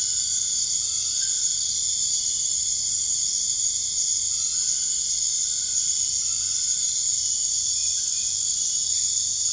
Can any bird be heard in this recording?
no